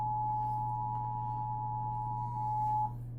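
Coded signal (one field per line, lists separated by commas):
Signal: Emergency Alert System (SAME) tones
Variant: 853 and 960 Hz attention tone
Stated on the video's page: Severe weather EAS alert on an 820 AM station.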